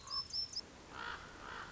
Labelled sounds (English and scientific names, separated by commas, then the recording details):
Common Raven (Corvus corax)
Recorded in Sonoma County, California